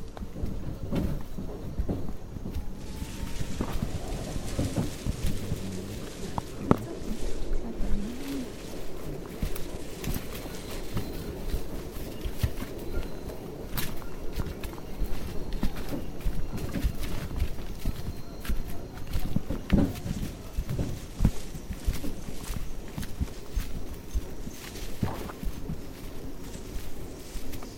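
A hike through the Tambopata rainforest in Peru, with dense, continuous low rustling and rumbling throughout. Frequent sharp clicks and snaps stand out, likely footsteps on leaves and twigs, with brief animal-like calls around five to seven seconds and near twenty seconds.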